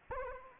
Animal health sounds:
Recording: mosquito wingbeat signal from an infrared sensor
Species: Anopheles arabiensis

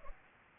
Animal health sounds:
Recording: mosquito wingbeat signal from an infrared sensor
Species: Culex pipiens

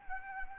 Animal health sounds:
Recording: mosquito wingbeat signal from an infrared sensor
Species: Anopheles arabiensis

